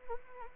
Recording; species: mosquito wingbeat signal from an infrared sensor; Anopheles arabiensis